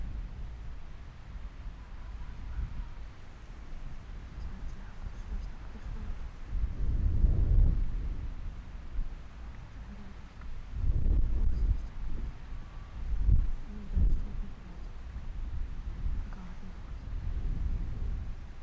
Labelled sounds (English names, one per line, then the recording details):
Arctic Fox
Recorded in the wild
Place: Insel Mednyi, Kommandeur-Inseln, RU
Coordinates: 54.5167, 168.083
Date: 1999-08-12
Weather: 9°C, leicht bewölkt, starker Südwestwind
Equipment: Sony WM-D6C, Sennheiser ME 80, K 30 AV, Windkorb, Kopie Tascam DA 30
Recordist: Jakupi, Antje